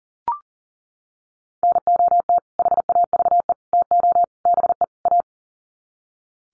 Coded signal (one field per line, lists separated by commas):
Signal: Morse code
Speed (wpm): 40 wpm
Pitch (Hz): 700 Hz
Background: none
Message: NOT HAVE TO BE A